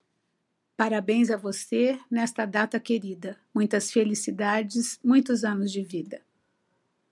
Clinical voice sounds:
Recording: short text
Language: Brazilian Portuguese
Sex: female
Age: 60 to 69 years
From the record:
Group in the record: control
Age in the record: 65 years

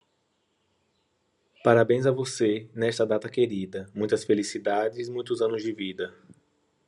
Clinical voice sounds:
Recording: short text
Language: Brazilian Portuguese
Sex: male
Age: 30 to 39 years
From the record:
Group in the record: control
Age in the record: 33 years

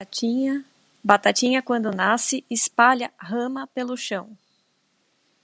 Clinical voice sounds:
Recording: short text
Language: Brazilian Portuguese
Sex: female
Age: 40 to 49 years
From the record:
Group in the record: control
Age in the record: 40 years

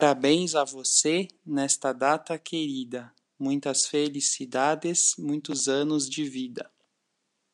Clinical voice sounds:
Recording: short text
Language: Brazilian Portuguese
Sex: male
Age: 30 to 39 years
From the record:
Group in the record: control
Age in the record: 34 years

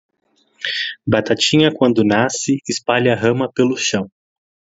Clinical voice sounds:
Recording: short text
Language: Brazilian Portuguese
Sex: male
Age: 20 to 29 years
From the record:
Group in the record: control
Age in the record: 21 years

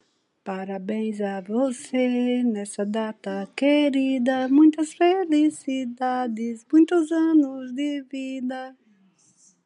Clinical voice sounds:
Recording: short text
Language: Brazilian Portuguese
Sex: female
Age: 60 to 69 years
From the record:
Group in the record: control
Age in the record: 62 years

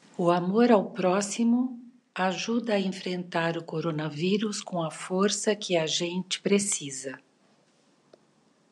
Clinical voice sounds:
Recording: spoken sentence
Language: Brazilian Portuguese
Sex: female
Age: 60 to 69 years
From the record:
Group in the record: control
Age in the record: 62 years

